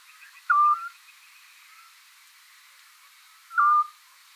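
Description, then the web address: Eurasian scops owl giving a short, mellow whistled note, repeated about every three seconds, with a faint note between. "otus scops call"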